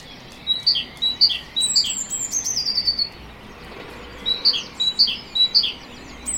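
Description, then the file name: Great tit giving sharp two-note chips in quick series, a thin descending trill, a pause, then more paired notes. "Parus major"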